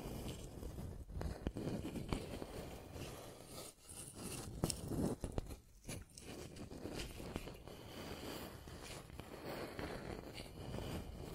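Scratching and tracing sounds rasp continuously, with sharp bright scrapes near two, four to six seconds, and a steady low rumble underneath.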